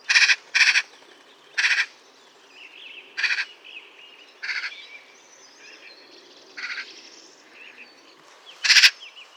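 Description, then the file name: Eurasian magpie calls, harsh rasping chatters in short bursts, some doubled, spaced irregularly over several seconds. "Pica pica"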